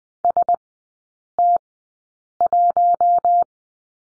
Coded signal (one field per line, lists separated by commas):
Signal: Morse code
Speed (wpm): 20 wpm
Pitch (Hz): 700 Hz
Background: none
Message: ST1